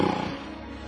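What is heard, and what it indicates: A single acted snore from an adult voice in a narrated story: a heavy, rough snore from a very tired character in deep sleep, loudest at the start and fading over about one second.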